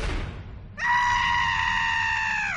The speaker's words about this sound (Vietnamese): Trong nháy mắt khi tiếng răng rắc vang lên thì cũng có một tiếng hét thê lương khôn cùng, tựa như không phải tiếng hét của con người có thể làm ra được, đột nhiên phát ra từ trong miệng của tên thanh niên này.